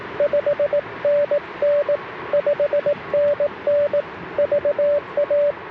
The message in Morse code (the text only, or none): 5NN 5NN VA